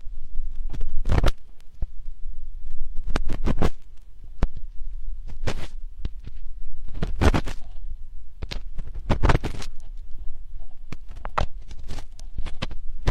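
Slow ear digging: a low, muffled rumble under irregular crackly scrapes, with louder clustered bursts near 1, 3.5, 7 and 9 seconds.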